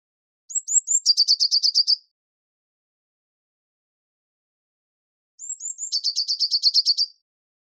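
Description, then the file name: Eurasian blue tit song, repeated twice: a few high, thin, falling whistles run straight into a quick, regular, buzzing trill lasting about a second. "Cyanistes caeruleus"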